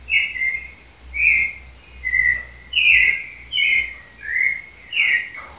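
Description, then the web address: Clay-colored thrush singing a string of mellow, slurred whistled phrases, with little else audible. "Cantos Turdus-grayi"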